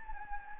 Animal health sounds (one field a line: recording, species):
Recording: mosquito wingbeat signal from an infrared sensor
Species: Anopheles gambiae